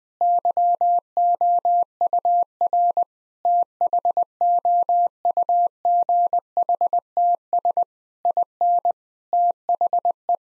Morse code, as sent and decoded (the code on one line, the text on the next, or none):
-.-- --- ..- .-. / - .... --- ..- --. .... - ... / .. -. / - .... .
YOUR THOUGHTS IN THE